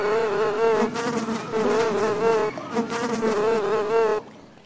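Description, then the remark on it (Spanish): Steady, continuous buzzing of flies with a wavering, slightly pulsing drone, loud and unbroken for about four seconds before cutting off abruptly into near silence. No voices. “Bienvenidos al Colegio de las Moscas.”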